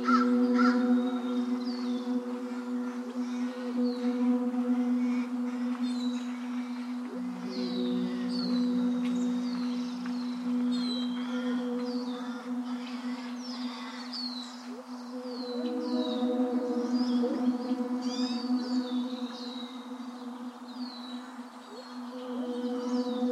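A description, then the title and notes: Oaks Bottom along the Willamette River, with many birds chirping and calling high overhead throughout, quick short notes overlapping densely. Beneath them a steady low hum with a few even tones runs unbroken, dipping and swelling slightly in loudness. Today’s soundwalk was taken on on March 16th, 2022 in SE Portland Oregon. Oaks Bottom along the Willamette River.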